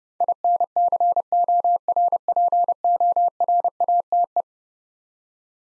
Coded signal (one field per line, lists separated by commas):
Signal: Morse code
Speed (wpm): 30 wpm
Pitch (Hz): 700 Hz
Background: none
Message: INCORPORATE